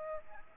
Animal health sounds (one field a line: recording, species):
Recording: mosquito wingbeat signal from an infrared sensor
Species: Aedes aegypti